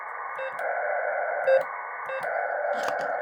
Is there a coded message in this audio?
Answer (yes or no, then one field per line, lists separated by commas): no